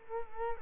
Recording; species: mosquito wingbeat signal from an infrared sensor; Culex quinquefasciatus